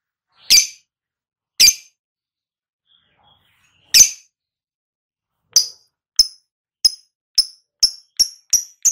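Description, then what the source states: Lovebird calls: a few harsh, widely spaced chirps, then a quickening run of thin, clipped notes coming faster toward the end. Ngekek-style trilling song of a lovebird, described as "auto gacor" (vocalising readily and continuously).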